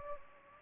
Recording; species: mosquito wingbeat signal from an infrared sensor; Anopheles gambiae